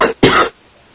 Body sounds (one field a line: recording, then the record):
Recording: coughing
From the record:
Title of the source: 30 Chesty and wet cough